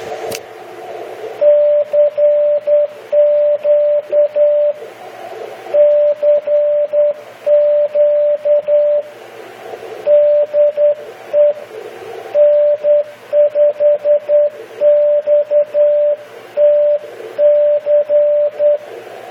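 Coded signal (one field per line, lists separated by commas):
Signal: Morse code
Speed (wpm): 10 wpm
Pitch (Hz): 590 Hz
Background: radio noise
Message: CQ CQ DE N5XTC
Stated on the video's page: Sent with a Vibroplex iambic keyer and a Begali Spark straight key.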